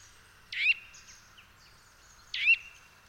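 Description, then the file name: Eurasian nuthatch giving two abrupt, emphatic call notes nearly two seconds apart, each with a quick upward whistle, over soft background bird sounds. "Sitta europaea"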